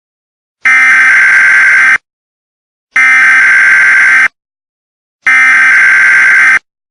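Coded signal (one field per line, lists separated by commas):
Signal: Emergency Alert System (SAME) tones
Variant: header bursts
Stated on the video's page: Fictional EAS scenario of a terrorist attack on the United States.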